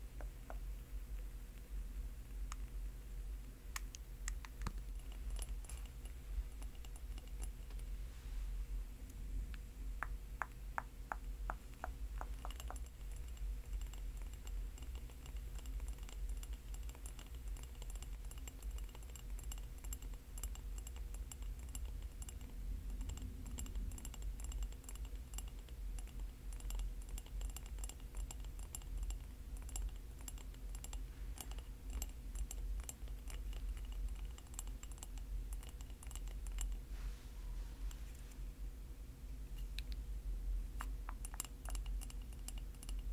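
Quick, sharp tapping runs through the whole recording over a steady low hum, with dense bursts around the fourth to twelfth seconds and again through the second half. The taps come irregularly, like fingers on a keyboard, with brief pauses between clusters.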